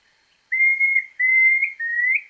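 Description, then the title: Planalto tyrannulet singing a trio of long, pure whistles in quick succession, each fairly level, the last two lifting slightly at the tail, with no other sounds. Subspecies brevirostris. "LuckyPassaro Completos2Sama. Planalto Tyrannulet (Phyllomyias fasciatus brevirostris)"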